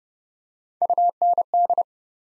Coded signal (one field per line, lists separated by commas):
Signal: Morse code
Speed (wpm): 30 wpm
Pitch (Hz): 700 Hz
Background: none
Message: UND